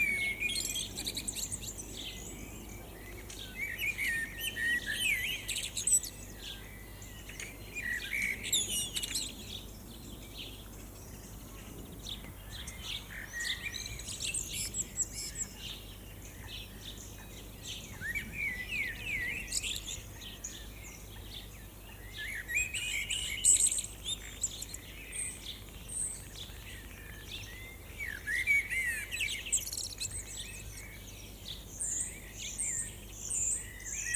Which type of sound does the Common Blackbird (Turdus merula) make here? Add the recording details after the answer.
song. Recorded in the wild. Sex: male. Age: adult. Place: Lübars, Berlin, DE. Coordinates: 52.6167, 13.35. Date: 2004-05-10 18:58. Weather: overcast, 19°C. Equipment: Sony WM-D6C, Sennheiser ME 80, Kopie Uher 4000 Report Monitor. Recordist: Tembrock, Günter